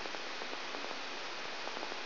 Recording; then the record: brain microelectrode recording played as sound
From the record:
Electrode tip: outside the subthalamic nucleus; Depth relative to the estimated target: -8 mm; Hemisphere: right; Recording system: AlphaMap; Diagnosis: Parkinson's disease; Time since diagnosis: 13 years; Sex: male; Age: 63 years